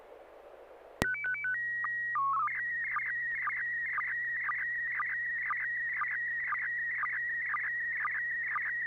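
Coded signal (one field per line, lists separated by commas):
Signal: SSTV (slow-scan television)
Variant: PD 120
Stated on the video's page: SSTV images exchanged on a weekly amateur net via an FM repeater on 441.30 MHz in Sacramento, sent with MMSSTV software.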